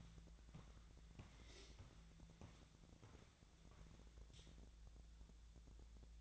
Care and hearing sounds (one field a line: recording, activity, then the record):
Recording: daily activity, microphone in the room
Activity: walk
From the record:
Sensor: 3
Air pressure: 1012.1 hPa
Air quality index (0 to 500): 184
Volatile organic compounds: 3 ppm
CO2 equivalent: 1410 ppm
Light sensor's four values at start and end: 53/140/61/64 and 53/141/61/64